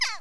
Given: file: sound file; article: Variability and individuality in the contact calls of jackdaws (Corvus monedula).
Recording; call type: jackdaw call; harmonic